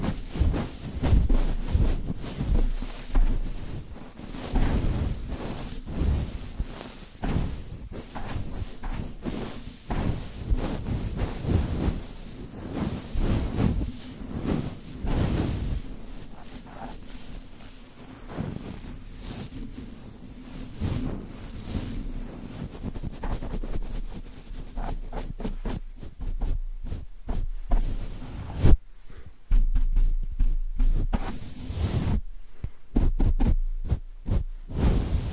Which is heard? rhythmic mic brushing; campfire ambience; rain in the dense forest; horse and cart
rhythmic mic brushing